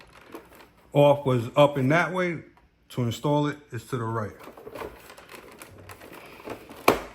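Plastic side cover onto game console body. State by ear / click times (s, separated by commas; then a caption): seated / 6.9 s. A plastic side cover is lined up on a PS5 game console body and slid to the right until it latches. Someone talks, then soft handling sounds follow, and a sharp click at 6.9 seconds marks the cover seating into place.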